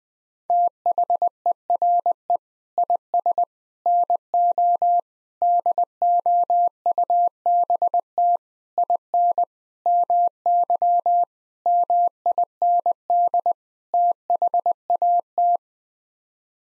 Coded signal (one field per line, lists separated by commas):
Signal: Morse code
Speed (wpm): 21 wpm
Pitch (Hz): 700 Hz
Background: none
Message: THERE IS NO DOUBT IN MY MIND THAT